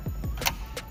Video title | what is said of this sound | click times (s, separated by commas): 2001 Ford ranger radio removal and replacement | and you hear that click, you want to hear the exact same thing over here. | 0.5 s